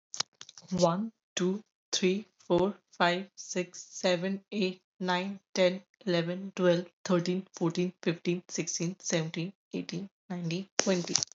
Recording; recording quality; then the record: counting at a normal pace; excellent, no background noise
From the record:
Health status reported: exposed to COVID-19, no respiratory illness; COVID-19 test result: negative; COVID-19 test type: RT-PCR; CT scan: not taken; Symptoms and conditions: cough, cold, fatigue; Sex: female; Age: 23 years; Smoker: no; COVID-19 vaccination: both doses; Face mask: not worn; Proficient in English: yes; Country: India